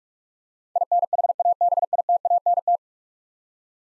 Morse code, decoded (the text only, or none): INHABITANT